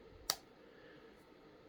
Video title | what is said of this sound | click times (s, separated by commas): Pixel 8 Pro Spigen Tough Armor Case Review Rose Gold Color Dual Layer Drop Protection Test vs | So it has two places it snaps. | 0.3 s